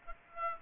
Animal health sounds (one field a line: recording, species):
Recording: mosquito wingbeat signal from an infrared sensor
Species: Aedes aegypti